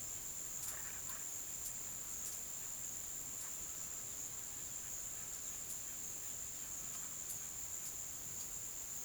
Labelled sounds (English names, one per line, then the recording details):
none
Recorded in pastures near Puerto Asís, Putumayo, Colombia, on 19 June 2025 at 09:30
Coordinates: 0.487, -76.322
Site H26